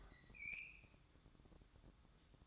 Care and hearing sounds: daily activity, microphone in the room; open fridge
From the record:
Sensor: 3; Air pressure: 1007.7 hPa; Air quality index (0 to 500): 61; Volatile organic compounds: 1 ppm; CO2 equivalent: 612 ppm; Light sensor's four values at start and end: 14/32/14/14 and 14/32/14/14

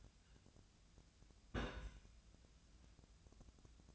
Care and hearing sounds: daily activity, microphone in the room; place on stove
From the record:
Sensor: 2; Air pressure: 1009.9 hPa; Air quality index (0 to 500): 178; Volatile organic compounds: 10 ppm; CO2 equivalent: 2231 ppm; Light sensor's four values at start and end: 32/79/34/38 and 32/79/34/38

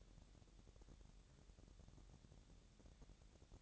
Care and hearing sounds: daily activity, microphone in the room; take from stove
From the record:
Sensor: 3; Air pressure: 1012.0 hPa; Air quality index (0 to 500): 197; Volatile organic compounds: 3 ppm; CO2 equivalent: 1476 ppm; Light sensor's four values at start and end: 119/280/116/104 and 118/279/115/104

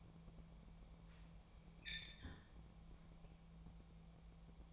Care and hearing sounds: daily activity, microphone in the room; close fridge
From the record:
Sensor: 1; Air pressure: 1000.0 hPa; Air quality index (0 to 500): 135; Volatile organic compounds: 2 ppm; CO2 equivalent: 1273 ppm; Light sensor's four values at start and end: 36/91/38/47 and 36/91/38/47

